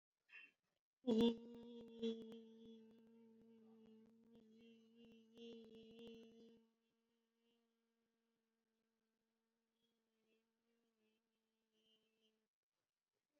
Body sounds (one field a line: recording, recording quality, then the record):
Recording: sustained vowel as in beet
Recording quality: excellent, no background noise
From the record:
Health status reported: COVID-19 positive, mild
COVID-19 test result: positive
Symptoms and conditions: cough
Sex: female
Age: 54 years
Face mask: not worn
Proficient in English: yes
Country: India